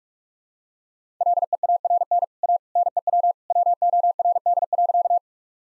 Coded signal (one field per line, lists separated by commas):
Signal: Morse code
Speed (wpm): 46 wpm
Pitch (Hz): 700 Hz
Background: none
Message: LEARN A NEW WORD.